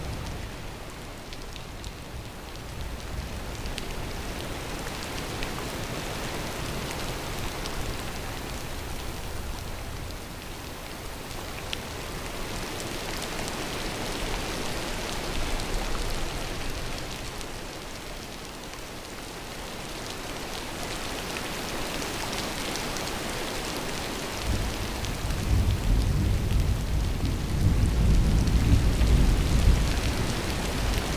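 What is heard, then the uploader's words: Heavy rain falls in a steady, dense hiss across the whole stretch, swelling slightly around the middle. From about twenty-five seconds a deep rumble of thunder rolls in low underneath, growing louder toward the end. THUNDER & HEAVY RAIN.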